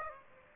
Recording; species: mosquito wingbeat signal from an infrared sensor; Aedes aegypti